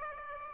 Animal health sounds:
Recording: mosquito wingbeat signal from an infrared sensor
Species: Aedes aegypti

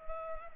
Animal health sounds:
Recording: mosquito wingbeat signal from an infrared sensor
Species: Culex pipiens

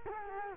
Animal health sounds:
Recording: mosquito wingbeat signal from an infrared sensor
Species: Culex quinquefasciatus

